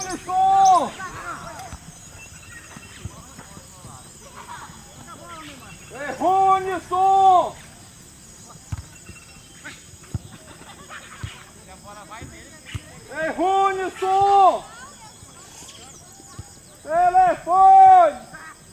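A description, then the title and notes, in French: Outdoors in a village in late afternoon, loud drawn-out shouts and calls from people playing football on the central field ring out in short bursts, about every four to six seconds. Between calls there is a low rumble, scattered faint knocks and a thin, steady high whine. Fin d'après-midi au village. Bruits domestiques et venus d'ailleurs. Petits et grands sont réunis sur le champ au centre du village pour jouer au foot. Tauary, petit village au coeur de la forêt amazonienne.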